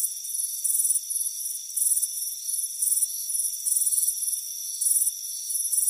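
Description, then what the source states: Cricket chirping, high bright pulsed chirps in uneven bursts, over steady high ringing tones. Warm afternoon on a front porch.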